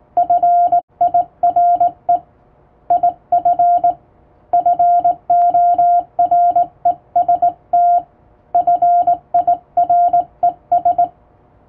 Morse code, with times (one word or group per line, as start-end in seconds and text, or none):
0.2-2.2 FIRE
2.9-3.9 IF
4.5-8.0 FOREST
8.5-11.0 FIRES